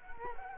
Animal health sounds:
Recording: mosquito wingbeat signal from an infrared sensor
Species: Culex quinquefasciatus

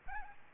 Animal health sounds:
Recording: mosquito wingbeat signal from an infrared sensor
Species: Aedes albopictus

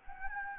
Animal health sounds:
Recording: mosquito wingbeat signal from an infrared sensor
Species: Anopheles gambiae

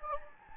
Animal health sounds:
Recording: mosquito wingbeat signal from an infrared sensor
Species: Anopheles gambiae

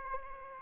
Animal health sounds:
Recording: mosquito wingbeat signal from an infrared sensor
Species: Aedes albopictus

